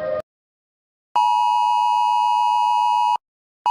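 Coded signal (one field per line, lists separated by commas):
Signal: Emergency Alert System (SAME) tones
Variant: 853 and 960 Hz attention tone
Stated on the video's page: Animated, simulated EAS alarms.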